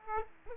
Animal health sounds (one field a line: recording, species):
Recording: mosquito wingbeat signal from an infrared sensor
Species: Aedes aegypti